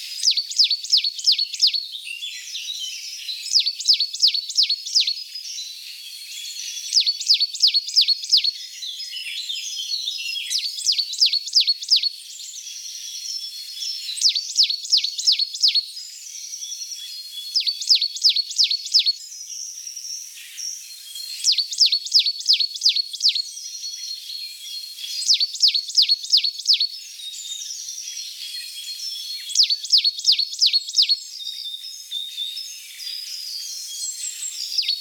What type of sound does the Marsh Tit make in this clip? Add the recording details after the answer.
song. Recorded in the wild. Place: Oberrotweil am Kaiserstuhl, Baden-Württemberg, DE. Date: 1982-04-12. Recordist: Schwarz, Dieter